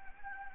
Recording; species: mosquito wingbeat signal from an infrared sensor; Anopheles gambiae